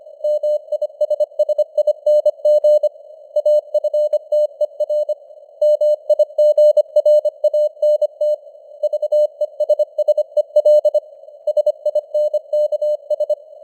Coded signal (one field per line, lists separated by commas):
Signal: Morse code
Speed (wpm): 25 wpm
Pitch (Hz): 600 Hz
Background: none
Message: MISSING AFTER MIGRANT VESSEL SINKS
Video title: Morse Code News | 2025-10-20 | 25wpm